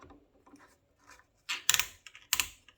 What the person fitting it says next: Oh, those are nice positive clicks, so that is a good sign for this chuck.